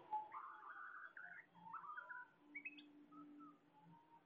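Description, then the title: Bird singing warbled, whistled phrases over a faint low hum. Bird chirping. "SuaraBurung Kicau"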